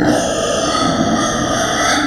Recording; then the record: squeal of a Yucatan mini pig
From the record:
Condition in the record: before surgery on the right vocal fold (resection and tissue-engineered implant); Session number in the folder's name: 3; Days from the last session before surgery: 0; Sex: female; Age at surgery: 19 weeks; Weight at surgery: 25 kg